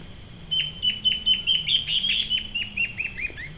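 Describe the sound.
Bird calls: a quick run of many short, high, downslurred chirps, slightly irregular and tumbling, over a steady high whine and low hum.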